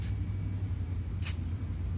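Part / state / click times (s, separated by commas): highway peg bracket fitting into a mounting hole on a three-wheel motorcycle / not seated / none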